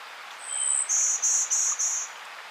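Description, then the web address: Golden-winged warbler song: one thin, high buzzy note followed by four slightly lower, evenly spaced buzzes, zee-bee-bee-bee-bee, over faint background hiss. "Outdoor Ed Girl Scout Golden-Winged. Warbler"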